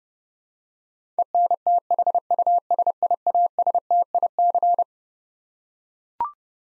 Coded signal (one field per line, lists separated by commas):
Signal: Morse code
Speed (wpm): 30 wpm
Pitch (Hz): 700 Hz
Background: none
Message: ENTHUSIASTIC